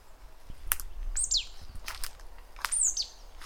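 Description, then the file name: Great tit calls: two high, thin notes sweeping steeply downward, about one and a half seconds apart, among sharp clicks and rustling like footsteps. "Parus major"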